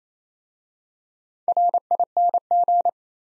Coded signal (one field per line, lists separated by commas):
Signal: Morse code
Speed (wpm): 29 wpm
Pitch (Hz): 700 Hz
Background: none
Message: RING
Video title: Easy Words with Hints - 28wpm